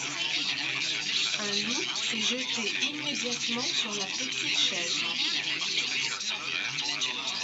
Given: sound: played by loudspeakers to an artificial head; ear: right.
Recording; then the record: speech in noise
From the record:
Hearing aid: class 1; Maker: A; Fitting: closed earmoulds, the maker's default for a moderate loss (N3)